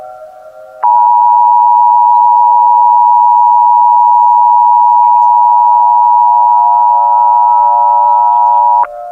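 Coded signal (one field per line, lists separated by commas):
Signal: Emergency Alert System (SAME) tones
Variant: 853 and 960 Hz attention tone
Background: music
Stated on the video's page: Remastered fictional Emergency Alert System scenario, a remake of another creator's scenario.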